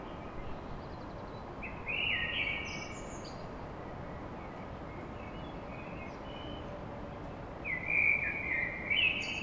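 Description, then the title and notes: Common blackbird song: rich fluting phrases near the start and end, each trailing into thin high twittering notes, above a steady background hum. Song recorded at dawn in Paris. "Blackbird Poetry At Paris On. Enregistrement d'un chant de merle à l'aube dans Paris"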